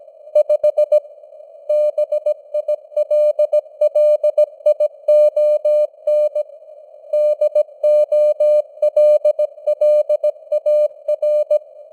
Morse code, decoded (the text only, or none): 5 BILLION DOLLAR